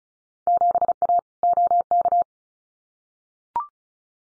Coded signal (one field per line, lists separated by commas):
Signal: Morse code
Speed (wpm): 34 wpm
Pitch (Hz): 700 Hz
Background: none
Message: 7A OK